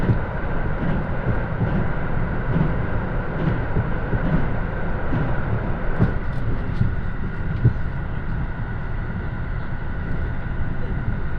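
Inside the Kintetsu-area Kansai Line limited express Nanki No. 6, a KiHa 85 diesel railcar running from Kuwana to Nagoya. A steady, dense low rumble and drone fills the clip with an even level throughout, with faint tonal hums above and occasional small knocks and clicks, notably around six and seven seconds.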